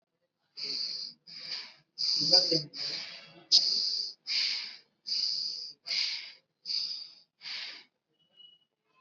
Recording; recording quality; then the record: shallow breathing; excellent, no background noise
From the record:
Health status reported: COVID-19 positive, mild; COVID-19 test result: positive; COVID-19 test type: RT-PCR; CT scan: not taken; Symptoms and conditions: cough, sore throat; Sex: male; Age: 18 years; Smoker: no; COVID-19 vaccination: both doses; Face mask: worn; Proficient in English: yes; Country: India